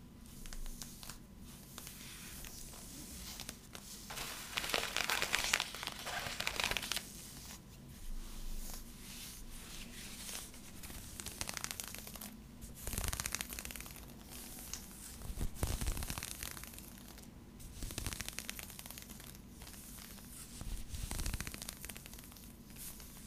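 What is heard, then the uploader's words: Fabric is scratched and rubbed, a dense, hissy rasping that comes in uneven bursts. The strokes swell louder around five to seven seconds and again near fifteen and twenty-one seconds, with a faint low hum underneath throughout. Fabric Scratching. In dieser Folge verwende ich unterschiedliche Stoffe.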